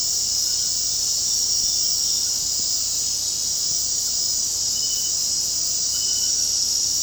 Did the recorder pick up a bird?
no